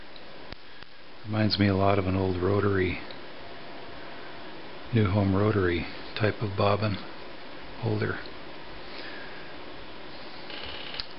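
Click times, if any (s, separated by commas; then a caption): 11.0 s. A metal bobbin case is fitted into the rotary bobbin holder of a vintage Viking Type 21 sewing machine while someone talks over faint background hiss. A few faint ticks come early on, and a single sharp click at 11.0 s marks the case snapping into place in the holder.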